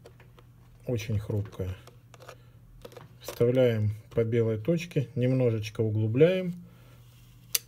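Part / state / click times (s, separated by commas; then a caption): manual lens into camera bayonet mount / seated / 7.5 s. A manual 50 mm lens is lined up by the white dot, pushed slightly into a camera's bayonet mount and twisted until it locks, while someone talks. Faint handling clicks and rustles accompany the speech. A single sharp, loud click at 7.6 s marks the lens seating in the mount.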